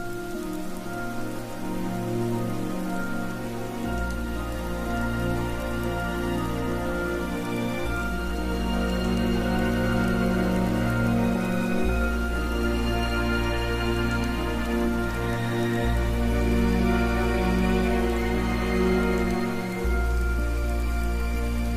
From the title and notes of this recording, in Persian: هاگواترز در شب بارانی. پادکستی که میشنوید به کمک "باینورال بیت" تهیه شده (بیت هایی که به صورت دو ضربه با فرکانسهای متفاوت شنیده میشوند).